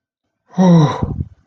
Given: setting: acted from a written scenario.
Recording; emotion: vocal sound without words; negative surprise